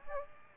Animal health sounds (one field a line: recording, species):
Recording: mosquito wingbeat signal from an infrared sensor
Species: Aedes aegypti